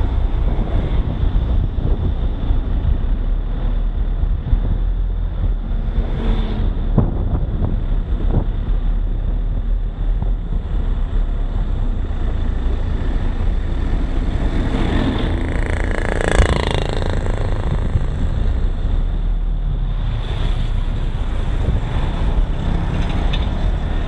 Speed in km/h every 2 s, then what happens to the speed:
27, 27, 25, 24, 25, 24, 21, 20, 20, 20, 20, 19.
0-24 steady at about 21.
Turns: none.